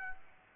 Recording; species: mosquito wingbeat signal from an infrared sensor; Aedes aegypti